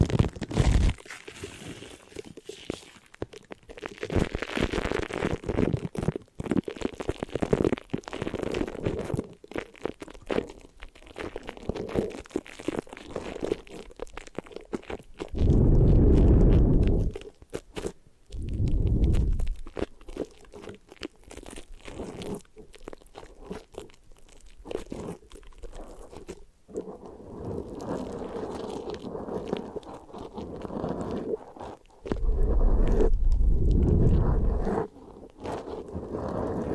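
Hair being washed, brushed and massaged, heard as a continuous run of soft crackling, crinkly scrubbing with quick irregular strokes. Louder, fuller rubbing bursts with a low rumble come around 15, 19 and 33 seconds before settling back to quieter texture.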